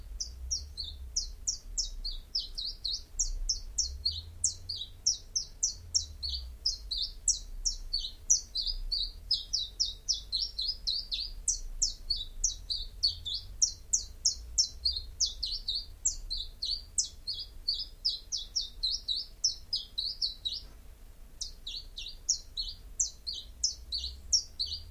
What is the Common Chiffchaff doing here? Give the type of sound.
song